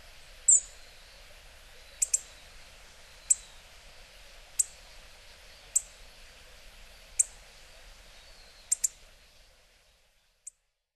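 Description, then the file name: Hawfinch uttering brief, high, metallic ticks at irregular intervals of one to two seconds, some in pairs, then a last faint tick after a pause. Recorded in Hyogo in August 2012. "shime 0812 hyogo kaji"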